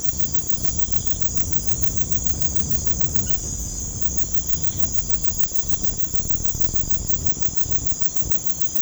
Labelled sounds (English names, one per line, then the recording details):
none
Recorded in pastures near Puerto Asís, Putumayo, Colombia, on 21 March 2025 at 02:30
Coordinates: 0.505, -76.324
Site GP08